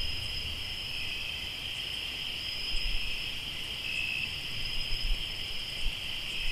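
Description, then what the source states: Cricket: steady shrill trilling of crickets in two overlapping tones, continuous throughout, with low rumbling and soft knocks in the background. Crickets recorded in Tlayacapan, Morelos.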